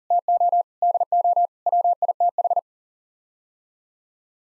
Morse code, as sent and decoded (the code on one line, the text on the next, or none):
- --- / -.. --- / .-- .. - ....
TO DO WITH